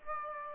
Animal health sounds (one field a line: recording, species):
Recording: mosquito wingbeat signal from an infrared sensor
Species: Aedes aegypti